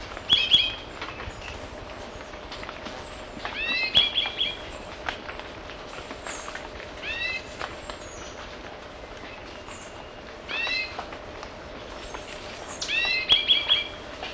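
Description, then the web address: Orange-bellied euphonia song: short phrases of high, downslurred notes every few seconds, with scattered clicking and tapping sounds between phrases. Recorded in Ecuador. "Natures Songs S America Birds of Ecuador. Orange-Bellied Euphonia"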